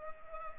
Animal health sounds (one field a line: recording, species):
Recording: mosquito wingbeat signal from an infrared sensor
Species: Culex pipiens